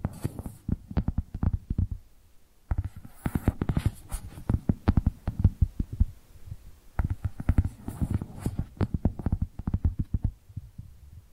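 Rapid tapping triggers come in dense bursts of quick, low, thumpy strikes with some brighter clicky edges. Three main runs are separated by short pauses near two and seven seconds, the taps uneven in force but steady in pace, over a faint hiss.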